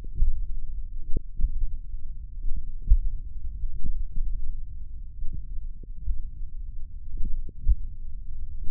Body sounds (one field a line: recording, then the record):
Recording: forearm muscle sounds (acoustic myography)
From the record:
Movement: tripod grip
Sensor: system 1, eight BSWA MPA416 microphones around the upper forearm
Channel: 5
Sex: male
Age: 20 years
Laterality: left